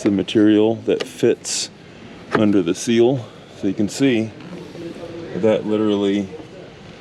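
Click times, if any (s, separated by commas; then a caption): none. A custom A-pillar trim piece made of 1/8 inch ABS for a 2016 Lamborghini Huracán, chosen because that material fits under the seal, is being handled and pushed back toward the door seal channel while someone talks. Nothing has seated or clicked yet; the clip ends just before the piece pops in under the seal.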